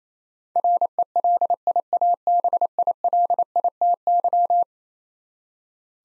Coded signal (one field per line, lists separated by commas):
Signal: Morse code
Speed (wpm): 27 wpm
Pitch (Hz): 700 Hz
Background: none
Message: RELIABILITY